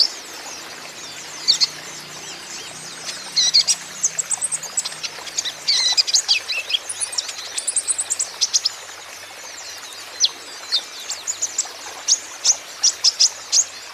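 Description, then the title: Van Hasselt's sunbird song: dense, hurried stream of shrill high chirps and twittering notes, busier in the middle, then sparser separate chirps toward the end. Steadily singing bird, used as a lure and therapy song to prompt untrained birds to answer. "KOLIBRI NINJA KONIN IJOAN GACOR COCOK UNTUK PANCINGAN TERAPI KONIN BAHAN"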